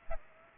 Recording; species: mosquito wingbeat signal from an infrared sensor; Aedes aegypti